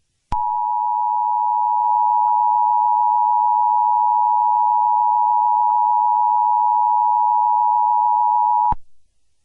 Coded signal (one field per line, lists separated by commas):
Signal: Emergency Alert System (SAME) tones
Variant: 853 and 960 Hz attention tone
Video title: EAS MOCK REMAKE: Hurricane Warning @noobbutdark